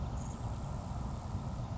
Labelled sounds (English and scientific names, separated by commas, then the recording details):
Grasshopper Sparrow (Ammodramus savannarum)
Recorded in Sonoma County, California